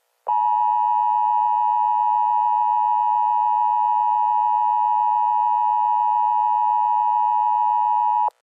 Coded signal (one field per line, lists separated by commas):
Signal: Emergency Alert System (SAME) tones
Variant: 853 and 960 Hz attention tone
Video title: EAS Scenario: Florida Weather Disaster